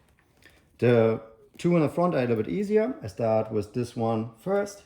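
A cheek pad front snap tab is handled against a Shoei X15 helmet shell, about to be pushed in, while someone talks through most of the clip. A few faint, quiet ticks come in the first half second before the talking starts. Nothing has seated or clicked yet.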